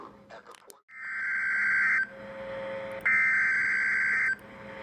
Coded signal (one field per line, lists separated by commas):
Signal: Emergency Alert System (SAME) tones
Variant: header bursts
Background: speech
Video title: EAS Compilation: Oklahoma/Arkansas Severe Weather...and More! | NOAA Weather Radio (4/13/2014)